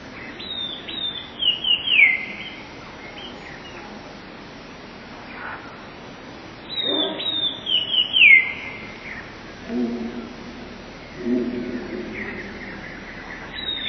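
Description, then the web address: Eurasian blue tit singing: two phrases of thin high notes sliding down into a short trill, about six seconds apart, with a third phrase starting at the end. "wroblowe teka 2 spiew 11. wroblowe teka modraszkoteka"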